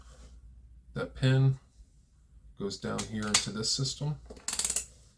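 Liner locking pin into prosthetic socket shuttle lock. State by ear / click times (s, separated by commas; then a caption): seated / 4.5 s, 4.6 s, 4.8 s. Someone talks while an amputee pushes the metal pin on the end of his silicone liner down into the shuttle lock of his prosthetic leg socket. The lock ratchets with a quick run of clicks at 4.5, 4.6, 4.7 and 4.8 seconds. The last click means the pin is seated and the leg is locked on.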